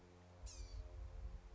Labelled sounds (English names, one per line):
Blue-gray Gnatcatcher